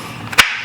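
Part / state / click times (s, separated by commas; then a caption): caster wheel stem into chair star base / seated / 0.4 s. A caster wheel's metal stem is pressed into a hole in the star base of a racing-style office chair. After some quieter handling noise, a sharp click at 0.4 s snaps the wheel into place, and the caster is seated.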